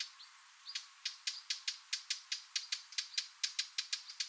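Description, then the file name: Eurasian blackcap calls: sharp clicking tacks beginning after a brief pause, then repeated rapidly many times. "Sylvia atricapilla"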